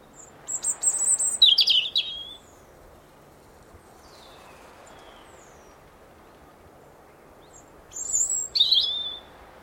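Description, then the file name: European robin giving two brief, very high jangling phrases, a thin whistle sliding into trilled notes, with a long silent gap between them. "Erithacus rubecula"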